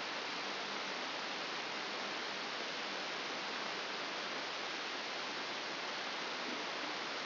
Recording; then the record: brain microelectrode recording played as sound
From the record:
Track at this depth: outside the subthalamic nucleus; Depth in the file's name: 6.501 mm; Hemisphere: left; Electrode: 2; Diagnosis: Parkinson's disease